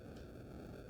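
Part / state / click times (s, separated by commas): plastic figure panel pegs into mating sockets on the figure body / not seated / none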